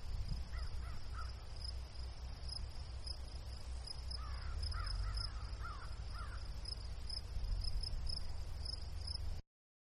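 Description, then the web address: Crickets chirping in quick regular pulses, with a few harsh crow caws near the start and in the middle, over low rumbling background noise. Meadow ambience with crickets and a crow. "Manhattan Production Music. Meadow Crickets Birds Crow"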